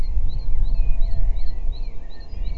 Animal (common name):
Great Tit